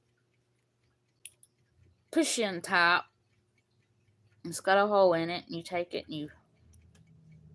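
A plastic push-in top with a hole in it is handled near a Hobby Lobby light-up diamond painting pen while someone talks, with a few faint ticks around 1.3 and 1.4 seconds and again near the end. Nothing has seated or clicked yet; the part is not yet pushed home.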